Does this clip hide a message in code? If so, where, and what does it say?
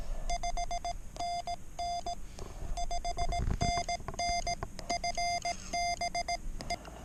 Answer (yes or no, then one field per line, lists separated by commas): yes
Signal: Morse code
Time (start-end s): 0.3-6.8 s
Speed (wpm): 17 wpm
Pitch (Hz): 700 Hz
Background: none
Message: 5NN 5NN FB E